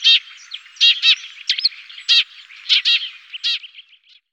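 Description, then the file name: Eurasian tree sparrow giving several sharp chirps in irregular bursts over about four seconds, with softer chattering notes between. "Feldsperling"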